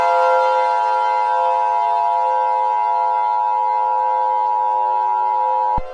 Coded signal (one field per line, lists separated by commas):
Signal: Emergency Alert System (SAME) tones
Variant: 853 and 960 Hz attention tone